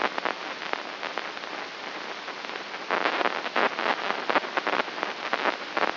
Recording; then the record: brain microelectrode recording played as sound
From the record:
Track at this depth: inside the subthalamic nucleus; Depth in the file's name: 5.229 mm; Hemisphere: left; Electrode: 3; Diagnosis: Parkinson's disease